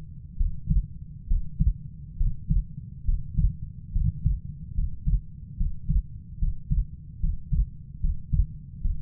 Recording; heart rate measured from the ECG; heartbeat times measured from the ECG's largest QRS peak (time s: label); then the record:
heart sounds by stethoscope; 71 bpm
0.37 s: heartbeat
1.27 s: heartbeat
2.17 s: heartbeat
3.05 s: heartbeat
3.92 s: heartbeat
4.74 s: heartbeat
5.56 s: heartbeat
6.38 s: heartbeat
7.20 s: heartbeat
8.00 s: heartbeat
8.81 s: heartbeat
From the record:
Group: healthy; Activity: Valsalva maneuver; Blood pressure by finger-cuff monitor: 136/67 mmHg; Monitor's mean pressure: 85 mmHg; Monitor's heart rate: 68 bpm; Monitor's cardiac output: 5.6 L/min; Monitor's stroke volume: 84 mL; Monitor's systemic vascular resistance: 1100 dyn s/cm5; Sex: female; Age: 37 years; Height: 168 cm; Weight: 70 kg